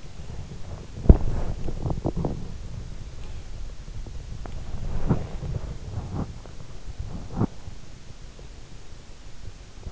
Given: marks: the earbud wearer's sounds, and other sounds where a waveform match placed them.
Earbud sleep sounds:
sounds in sleep by an in-ear microphone; body movement, breath
0.00-6.77 s: body movement
4.94-5.88 s: breath

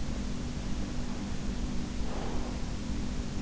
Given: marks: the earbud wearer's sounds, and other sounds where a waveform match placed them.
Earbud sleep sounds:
sounds in sleep by an in-ear microphone; breath
1.74-3.18 s: breath

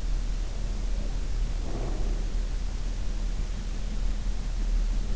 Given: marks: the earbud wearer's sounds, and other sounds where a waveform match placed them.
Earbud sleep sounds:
sounds in sleep by an in-ear microphone; breath
0.55-2.52 s: breath

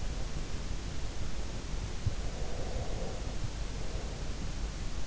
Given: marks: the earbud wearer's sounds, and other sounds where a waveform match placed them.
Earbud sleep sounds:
sounds in sleep by an in-ear microphone; breath
2.34-4.39 s: breath

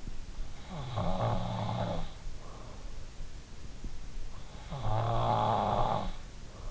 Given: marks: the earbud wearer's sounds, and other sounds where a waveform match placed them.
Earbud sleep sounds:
sounds in sleep by an in-ear microphone; snoring breath
0.36-2.65 s: snoring breath
4.14-6.71 s: snoring breath

